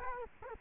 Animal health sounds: mosquito wingbeat signal from an infrared sensor; Culex quinquefasciatus

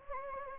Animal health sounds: mosquito wingbeat signal from an infrared sensor; Anopheles gambiae

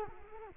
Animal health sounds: mosquito wingbeat signal from an infrared sensor; Culex quinquefasciatus

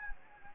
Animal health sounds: mosquito wingbeat signal from an infrared sensor; Anopheles gambiae

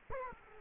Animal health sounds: mosquito wingbeat signal from an infrared sensor; Culex quinquefasciatus

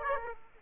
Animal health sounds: mosquito wingbeat signal from an infrared sensor; Aedes aegypti

